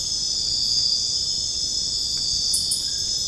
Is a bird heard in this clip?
no